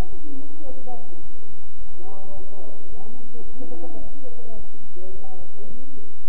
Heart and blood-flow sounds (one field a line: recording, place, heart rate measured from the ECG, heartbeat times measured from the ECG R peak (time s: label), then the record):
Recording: heart sounds by stethoscope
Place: between the tricuspid and mitral areas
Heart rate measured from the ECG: 107 bpm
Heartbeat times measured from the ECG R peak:
0.09 s: heartbeat
0.66 s: heartbeat
1.22 s: heartbeat
1.78 s: heartbeat
2.34 s: heartbeat
2.89 s: heartbeat
3.45 s: heartbeat
4.00 s: heartbeat
4.56 s: heartbeat
5.12 s: heartbeat
5.68 s: heartbeat
6.24 s: heartbeat
From the record:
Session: bicycle stress test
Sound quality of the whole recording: good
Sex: male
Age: 23 years